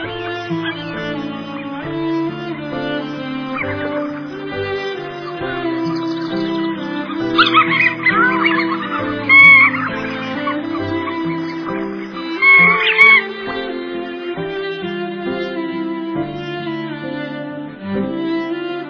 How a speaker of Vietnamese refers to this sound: Lắng nghe tiếng chim hót, chim kêu. Mùa hạ, tiếng chim rộn rã nhất bốn mùa.